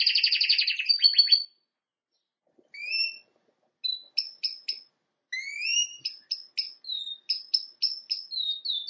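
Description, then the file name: Canary song: a rapid buzzy trill, then a pause and separate rising whistled notes and quick chirps, building into fast repeated phrases near the end. "Canary Voice"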